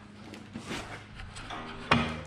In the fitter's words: the hood it locks in place then you turn these tabs this